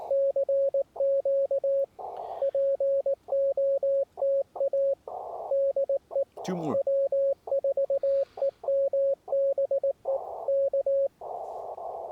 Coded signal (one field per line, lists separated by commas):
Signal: Morse code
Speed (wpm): 18 wpm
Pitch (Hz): 550 Hz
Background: speech, radio noise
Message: CQ POTA DE W4EMB E K